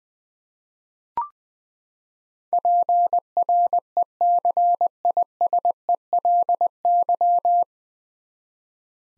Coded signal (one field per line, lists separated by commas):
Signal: Morse code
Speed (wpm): 21 wpm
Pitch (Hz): 700 Hz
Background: none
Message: PRECISELY